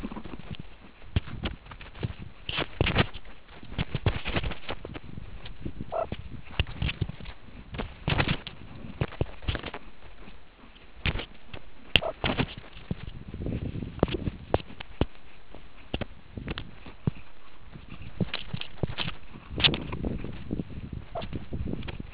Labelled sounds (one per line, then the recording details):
meerkat close call
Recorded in the Kuruman River Reserve, South Africa
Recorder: an audio tag on a meerkat's collar